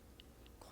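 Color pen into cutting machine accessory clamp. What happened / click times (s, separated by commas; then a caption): The pen clicked into the clamp / 0.2 s. The next color pen is loaded into the accessory clamp of a Cricut Maker 3 cutting machine, the same way as before. A short, sharp click at 0.2 s marks the pen seating in the clamp, followed by fainter ticks around 0.5 s and 0.6 s. The pen is seated.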